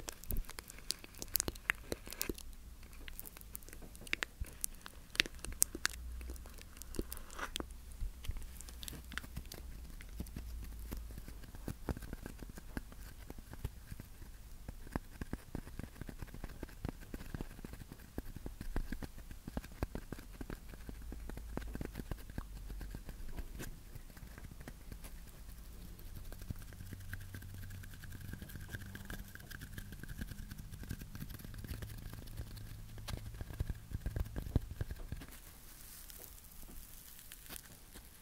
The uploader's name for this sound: Tapping & Scratching